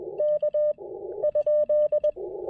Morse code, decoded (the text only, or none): K ?